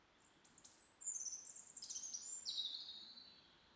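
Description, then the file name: European robin song: a continuous, high, liquid warble of rapid thin notes that jump up and down in pitch. "Erithacus rubecula"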